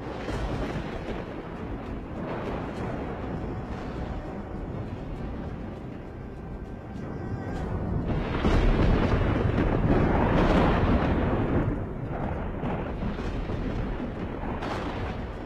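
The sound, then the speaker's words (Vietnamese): Deep, continuous rumbling thunder rolls on without pause, swelling louder midway with heavy low booming crashes before easing back to a steady growl. No voices are heard. “Trong vầng mây có tiếng sấm vang vọng đùng đùng, không gian vần vũ.”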